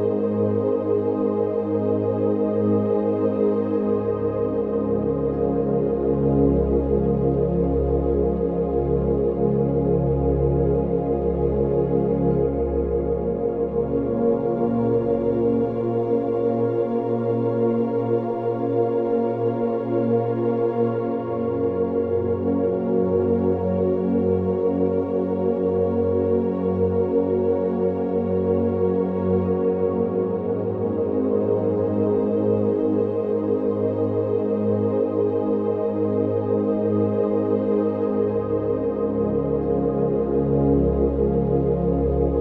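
Binaural beats: a steady, even drone of layered low tones with a soft, dull upper sheen and no sharp sounds. The deep bass note shifts a few times, around 4, 15 and 38 seconds, while the overall level stays constant throughout.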